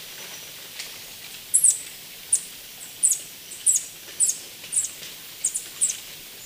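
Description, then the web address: Beryl-spangled Tanager giving thin, very high sharp chips, single or in quick doubles, about eight over six seconds, with a faint steady high hiss behind. Recorded in Ecuador. "Natures Songs S America Birds of Ecuador Beryl-spangled Tanager"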